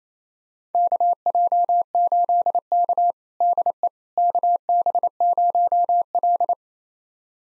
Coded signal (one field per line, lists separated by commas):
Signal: Morse code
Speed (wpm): 28 wpm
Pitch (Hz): 700 Hz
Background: none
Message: KJ8K DE KB0L